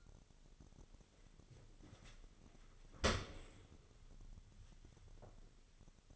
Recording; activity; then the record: daily activity, microphone in the room; open dishwasher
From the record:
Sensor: 4